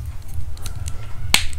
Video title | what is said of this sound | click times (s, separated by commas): Review Hasbro Guardians of the Galaxy Vol. 3 BAF Cosmo Set | just like that you gotta here with that click | 1.3 s